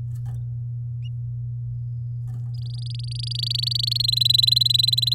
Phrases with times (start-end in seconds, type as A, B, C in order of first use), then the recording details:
2.54-4.02 A, 4.04-5.14 B. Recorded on 10 May 2018 at 13:19. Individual llb16